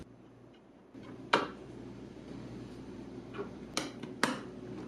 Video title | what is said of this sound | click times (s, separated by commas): Review Crucial RAM 8GB DDR4 2666 MHz CL19 Desktop Memory CT8G4DFRA266 | And just snaps right in. | 3.8 s, 4.2 s